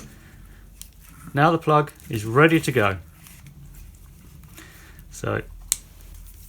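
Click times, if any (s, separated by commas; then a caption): 5.7 s. Someone talks while pushing the plug half of a plastic waterproof Deutsch connector back into its mating wiring connector half on a Sportster Sport 1200 build. At 5.7 s the two halves latch together with a single sharp snap, and the connector is fully seated.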